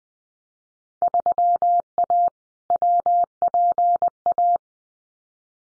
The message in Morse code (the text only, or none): 3A WPA